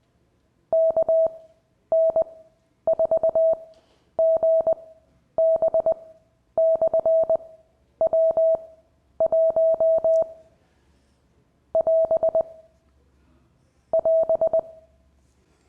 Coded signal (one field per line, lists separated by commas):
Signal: Morse code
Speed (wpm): 20 wpm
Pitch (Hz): 650 Hz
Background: none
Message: KN4GB/W1 <AS> <AS>